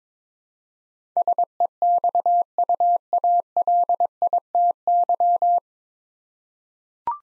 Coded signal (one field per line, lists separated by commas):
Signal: Morse code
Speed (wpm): 22 wpm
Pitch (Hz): 700 Hz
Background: none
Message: SEXUALITY